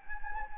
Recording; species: mosquito wingbeat signal from an infrared sensor; Anopheles gambiae